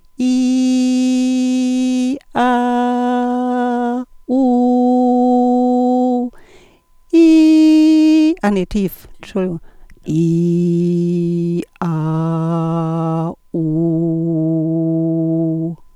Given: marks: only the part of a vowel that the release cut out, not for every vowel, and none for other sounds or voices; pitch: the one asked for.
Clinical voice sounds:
sustained vowels; female; 50 to 59 years; 1; 1; 1
0.42-1.91 s: vowel /i/, high pitch
2.58-3.86 s: vowel /a/, high pitch
4.42-6.04 s: vowel /u/, high pitch
10.28-11.54 s: vowel /i/, low pitch
11.95-13.22 s: vowel /a/, low pitch
13.79-15.44 s: vowel /u/, low pitch
From the record:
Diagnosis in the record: functional dysphonia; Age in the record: 56 years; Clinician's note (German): Multifaktoriell

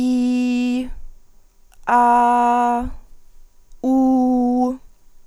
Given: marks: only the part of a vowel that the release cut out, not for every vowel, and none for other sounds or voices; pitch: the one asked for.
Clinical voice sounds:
sustained vowels; female; 20 to 29 years; 0; 0; 0
0.00-0.77 s: vowel /i/, normal pitch
1.98-2.76 s: vowel /a/, normal pitch
3.89-4.61 s: vowel /u/, normal pitch
From the record:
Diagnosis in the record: healthy voice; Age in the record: 21 years

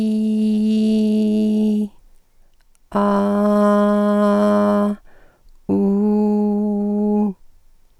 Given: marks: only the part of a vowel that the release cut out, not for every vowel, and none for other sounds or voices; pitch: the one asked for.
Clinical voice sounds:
sustained vowels; female; 60 to 69 years; 2; 2; 0
0.00-1.65 s: vowel /i/, normal pitch
3.47-4.79 s: vowel /a/, normal pitch
5.88-7.16 s: vowel /u/, normal pitch
From the record:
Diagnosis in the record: phonasthenia (vocal fatigue), psychogenic dysphonia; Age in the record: 60 years

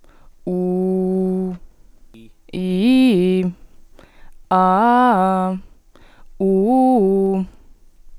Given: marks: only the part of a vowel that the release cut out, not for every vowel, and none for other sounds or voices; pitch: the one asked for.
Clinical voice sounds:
sustained vowels; female; 20 to 29 years; 0; 0; 0
0.55-1.46 s: vowel /u/, low pitch
2.65-3.40 s: vowel /i/, low-high-low pitch
4.63-5.45 s: vowel /a/, low-high-low pitch
6.54-7.34 s: vowel /u/, low-high-low pitch
From the record:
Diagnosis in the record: healthy voice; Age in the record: 21 years

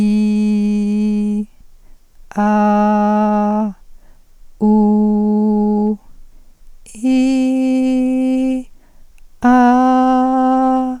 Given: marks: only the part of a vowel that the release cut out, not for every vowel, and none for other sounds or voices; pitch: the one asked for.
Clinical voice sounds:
sustained vowels; female; 40 to 49 years; 1; 0; 0
0.00-1.32 s: vowel /i/, normal pitch
2.46-3.55 s: vowel /a/, normal pitch
4.86-5.83 s: vowel /u/, normal pitch
7.18-8.35 s: vowel /i/, high pitch
9.76-10.68 s: vowel /a/, high pitch
From the record:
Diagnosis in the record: hyperfunctional dysphonia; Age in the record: 42 years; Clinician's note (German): Leichte Form, Zustand nach Cystenabtragung

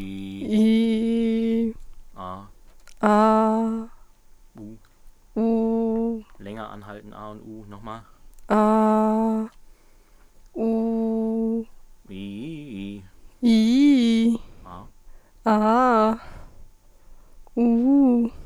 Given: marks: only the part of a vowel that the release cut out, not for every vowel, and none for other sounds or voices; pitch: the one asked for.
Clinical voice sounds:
sustained vowels; female; 20 to 29 years; 0; 0; 0
0.62-1.49 s: vowel /i/, low pitch
8.57-9.35 s: vowel /a/, low pitch
10.65-11.52 s: vowel /u/, low pitch
13.50-14.24 s: vowel /i/, low-high-low pitch
15.52-16.08 s: vowel /a/, low-high-low pitch
17.59-18.22 s: vowel /u/, low-high-low pitch
From the record:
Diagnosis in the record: healthy voice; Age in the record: 21 years

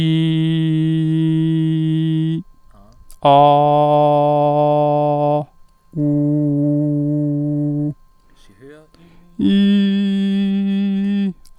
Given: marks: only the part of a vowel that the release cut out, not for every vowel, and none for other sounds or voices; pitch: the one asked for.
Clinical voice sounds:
sustained vowels; male; 30 to 39 years; 0; 0; 0
0.00-1.98 s: vowel /i/, normal pitch
3.38-5.31 s: vowel /a/, normal pitch
6.09-7.80 s: vowel /u/, normal pitch
9.55-11.18 s: vowel /i/, high pitch
From the record:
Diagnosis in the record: healthy voice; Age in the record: 32 years

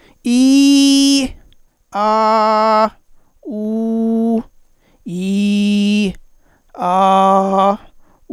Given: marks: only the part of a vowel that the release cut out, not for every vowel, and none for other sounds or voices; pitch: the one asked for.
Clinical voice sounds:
sustained vowels; male; 40 to 49 years; 0; 0; 0
0.30-1.15 s: vowel /i/, high pitch
1.99-2.82 s: vowel /a/, high pitch
3.54-4.35 s: vowel /u/, high pitch
5.12-5.73 s: vowel /i/, low pitch
6.85-7.69 s: vowel /a/, low pitch
From the record:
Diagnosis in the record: contact pachydermia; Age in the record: 46 years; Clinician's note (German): Kontaktpachydermie ohne "Kontaktpachydermie", Verdacht auf Reflux

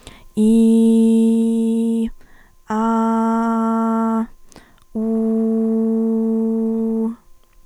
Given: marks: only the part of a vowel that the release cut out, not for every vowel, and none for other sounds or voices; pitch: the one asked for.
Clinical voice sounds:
sustained vowels; female; 20 to 29 years; 1; 1; 0
0.62-1.92 s: vowel /i/, low pitch
2.94-4.10 s: vowel /a/, low pitch
5.32-6.96 s: vowel /u/, low pitch
From the record:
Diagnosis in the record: healthy voice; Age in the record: 21 years

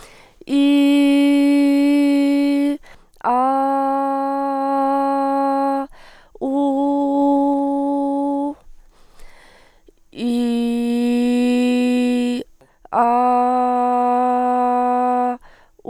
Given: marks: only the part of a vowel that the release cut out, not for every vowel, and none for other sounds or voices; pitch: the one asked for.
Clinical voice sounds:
sustained vowels; female; 20 to 29 years; 0; 0; 0
0.76-2.40 s: vowel /i/, high pitch
3.51-4.68 s: vowel /a/, high pitch
6.60-8.36 s: vowel /u/, high pitch
10.48-12.25 s: vowel /i/, low pitch
13.16-15.17 s: vowel /a/, low pitch
From the record:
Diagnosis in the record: healthy voice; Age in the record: 22 years

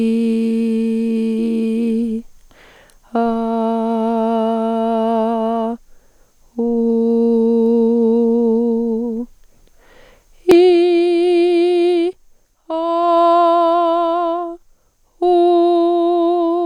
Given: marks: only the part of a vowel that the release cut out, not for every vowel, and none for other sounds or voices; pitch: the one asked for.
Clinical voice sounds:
sustained vowels; female; 30 to 39 years; 0; 0; 0
0.00-1.82 s: vowel /i/, normal pitch
3.70-5.49 s: vowel /a/, normal pitch
6.76-8.10 s: vowel /u/, normal pitch
10.71-11.90 s: vowel /i/, high pitch
13.07-14.24 s: vowel /a/, high pitch
15.34-16.43 s: vowel /u/, high pitch
From the record:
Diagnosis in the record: dysodia (singing voice disorder); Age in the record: 38 years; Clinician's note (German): Überlastungssyndrom bei ausgebildeter Sopranstimme

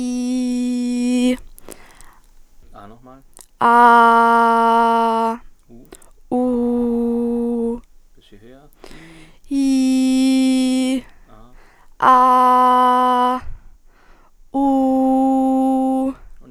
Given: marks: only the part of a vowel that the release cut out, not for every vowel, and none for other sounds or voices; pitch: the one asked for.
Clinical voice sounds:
sustained vowels; female; 18 to 19 years; 0; 0; 0
0.00-1.08 s: vowel /i/, normal pitch
3.96-5.25 s: vowel /a/, normal pitch
6.43-7.65 s: vowel /u/, normal pitch
9.71-10.89 s: vowel /i/, high pitch
12.26-13.30 s: vowel /a/, high pitch
14.71-15.98 s: vowel /u/, high pitch
From the record:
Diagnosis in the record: healthy voice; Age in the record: 19 years

